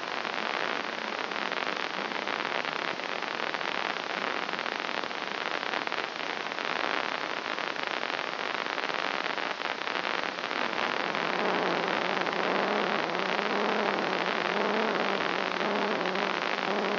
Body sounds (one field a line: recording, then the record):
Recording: brain microelectrode recording played as sound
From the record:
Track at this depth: inside the subthalamic nucleus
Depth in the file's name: 1.34 mm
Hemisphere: left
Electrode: 2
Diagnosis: Parkinson's disease